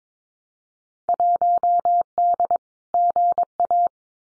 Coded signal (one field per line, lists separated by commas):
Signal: Morse code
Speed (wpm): 22 wpm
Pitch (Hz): 700 Hz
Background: none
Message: 1D GA